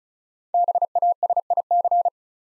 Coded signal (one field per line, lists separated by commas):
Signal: Morse code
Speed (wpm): 36 wpm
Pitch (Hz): 700 Hz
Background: none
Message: BASIC